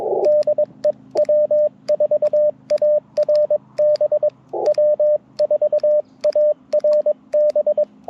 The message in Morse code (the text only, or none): DE W4ARB W4ARB